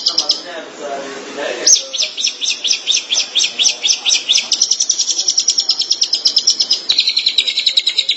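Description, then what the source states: Long-tailed Shrike song: a long, fast series of shrill, chattering notes, steady and high, following a brief mix of lower sounds at the start. Recorded in March 2017.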